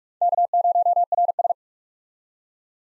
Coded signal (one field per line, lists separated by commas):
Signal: Morse code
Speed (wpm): 47 wpm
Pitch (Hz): 700 Hz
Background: none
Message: K0RS